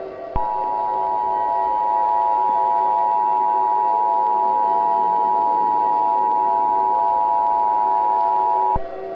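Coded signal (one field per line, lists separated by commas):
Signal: Emergency Alert System (SAME) tones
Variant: 853 and 960 Hz attention tone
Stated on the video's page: Fictional EAS scenario for entertainment, not a real broadcast; may contain valid EAS tones.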